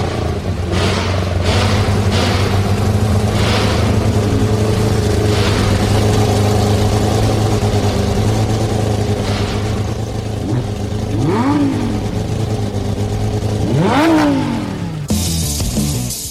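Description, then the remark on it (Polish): Several car engines (inline, V6, V8, V10, boxer, turbocharged and naturally aspirated) run together in Wola with a steady low rumble, punctuated by revving surges that rise and fall in pitch, loud and continuous with no talking. “Mamy tu wszystkie możliwe jednostki napędowe, od rzędowych silników, V6, V8, V10, boksery, turbo doładowane, wolno ssące. Będzie piękny dźwięk, piękny ryk na całej Woli.”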